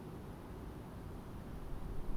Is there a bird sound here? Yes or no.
no